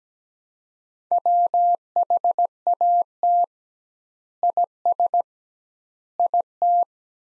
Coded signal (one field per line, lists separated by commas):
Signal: Morse code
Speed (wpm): 17 wpm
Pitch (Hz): 700 Hz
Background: none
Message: WHAT IS IT